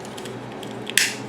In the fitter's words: the arm armor snaps back into place